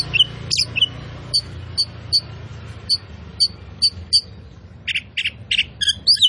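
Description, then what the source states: Oriental magpie-robin song of evenly spaced sharp whistled notes repeated about twice a second, ending in a burst of harsh rasping and slurred whistles. Kacer poci; gacor, singing vigorously and constantly.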